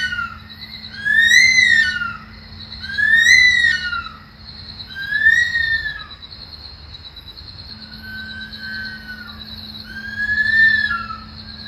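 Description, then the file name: Senegal thick-knee uttering a series of arched, mournful whistles, loud at first, softer and more spaced in the middle, then loud again at the end, against a constant high droning tone and low hum. "canto do alcaravao do senegal"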